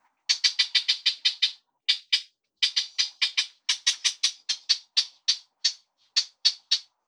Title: Bird_Magpie